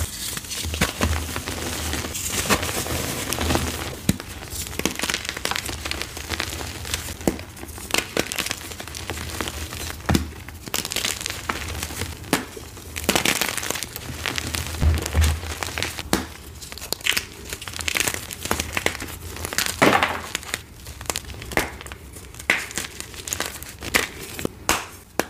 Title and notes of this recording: Colorful Crispy Crushes. Crunchy Gym Chalk Crushes